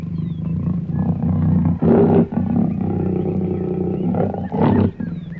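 Leopard giving a low, continuous growl that swells into two loud, rough snarling bursts.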